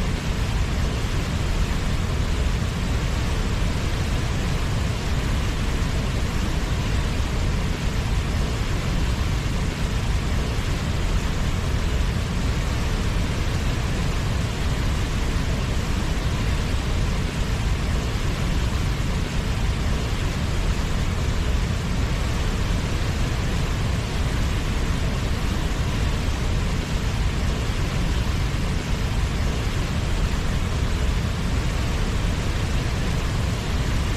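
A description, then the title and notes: Rushing river rapids produce a steady, dense roar, heaviest in the low rumble, with a constant hiss and no distinct events throughout. Rapids Ambience. Relaxing torrent rapids. Water rushing and creating a surreal white noise that can drown out almost any sound or distraction. All Raw and mixed audio recorded on: Focusrite Scarlett CM25, Focusrite Scarlett 2i2 Audio interface.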